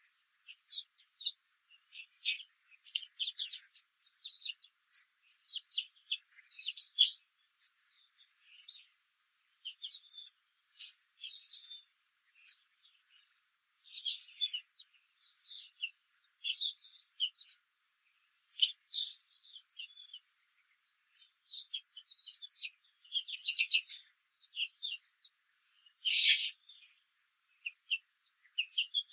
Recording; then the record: young laying hens in a cage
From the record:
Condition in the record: control cage, after the stress test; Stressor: none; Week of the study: 4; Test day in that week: 1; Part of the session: 2